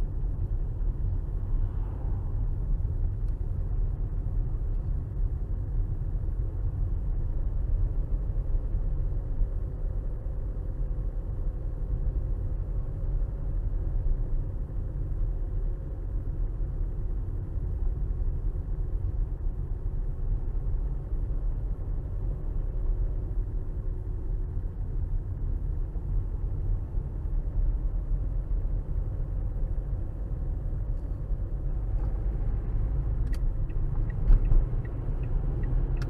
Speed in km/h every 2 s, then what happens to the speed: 29, 29, 31, 31, 32, 32, 32, 32, 32, 31, 31, 32, 31, 31, 32, 32, 37, 42.
0-27 steady at about 31. 27-36 speeds up to 42.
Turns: none.